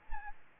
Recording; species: mosquito wingbeat signal from an infrared sensor; Aedes aegypti